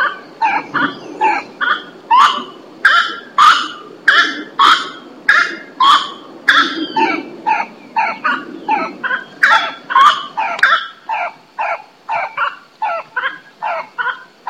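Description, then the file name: Grey-cowled wood rail calling, loud cackling notes in an uneven rapid series. Botanical garden, São Paulo, Brazil, 9 December 2010. "Aramides-cajanea 1-Botanical Garden-SP-Brazil"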